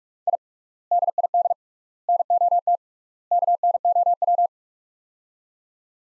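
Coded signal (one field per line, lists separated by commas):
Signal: Morse code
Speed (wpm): 44 wpm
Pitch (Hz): 700 Hz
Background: none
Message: I DID NOT KNOW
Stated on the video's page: Morse practice of four-word sets at 45 wpm with 3x word spacing, similar to Farnsworth, for head-copy.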